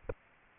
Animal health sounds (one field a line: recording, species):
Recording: mosquito wingbeat signal from an infrared sensor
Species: Aedes aegypti